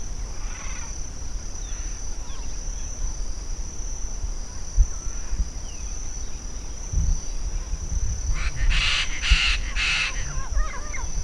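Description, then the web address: Chestnut-fronted macaw giving three loud, harsh squawks in quick succession near the end, after one faint squawk early on, over a steady high insect-like whine and low rumbling noise. "cantos guacacastana"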